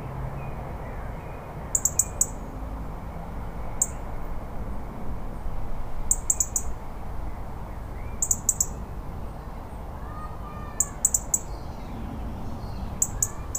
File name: Erithacus rubecula - European Robin